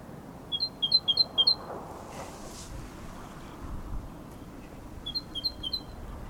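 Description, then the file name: Great tit repeating sharp, high two-pitched notes in a quick burst, then silence with soft background rumble and a brief rustle, followed by another similar burst. "Parus major"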